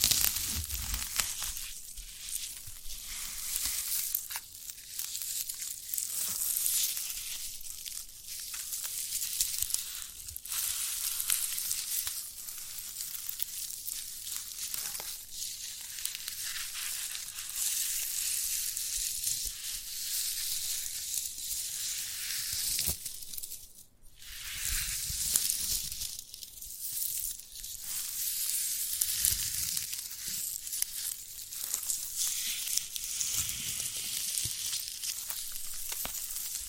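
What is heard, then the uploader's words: Handling of a sprouted coconut, with a constant dry, bright crackling and scratching close to a crinkle or sizzle. The rustle swells and eases in bursts every second or two, with a few low thumps around 24 and 28 seconds and a brief lull near 24. ASMR of a Sprouted Coconut (No Talking).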